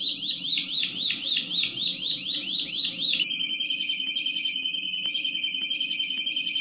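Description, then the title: Canary song: rapid run of swooping whistled notes, then a steady high rolling trill with faint clicks behind it. "kenarijos"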